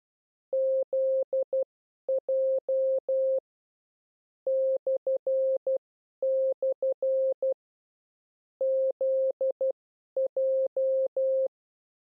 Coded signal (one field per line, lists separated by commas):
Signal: Morse code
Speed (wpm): 12 wpm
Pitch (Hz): 530 Hz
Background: none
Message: ZJ // ZJ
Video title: How to Learn CW / Video #7 Group 2 / Characters Z J /